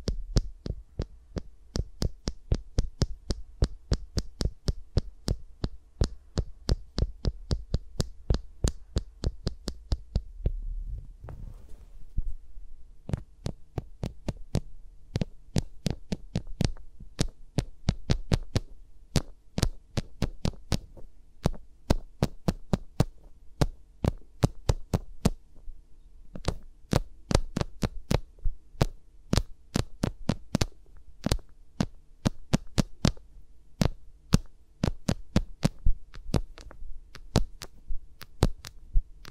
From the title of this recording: ASMR with Mics Around My Fingers (No Talking)